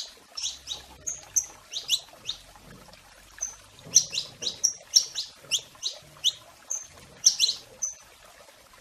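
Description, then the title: Domestic canary singing bright high chirps mixed with short level whistles, phrases coming in quick clusters with small gaps. Portuguese canary breed. "Kenari Portugis"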